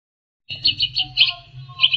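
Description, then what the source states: Long-tailed shrike giving a brief burst of bubbly chattering notes, over a low hum. Master song for training songbirds.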